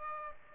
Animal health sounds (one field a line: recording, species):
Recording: mosquito wingbeat signal from an infrared sensor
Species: Aedes aegypti